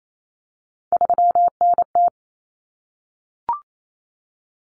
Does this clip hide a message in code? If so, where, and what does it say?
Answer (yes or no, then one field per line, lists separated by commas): yes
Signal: Morse code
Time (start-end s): 0.9-2.1 s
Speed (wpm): 28 wpm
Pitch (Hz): 700 Hz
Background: none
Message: 3NT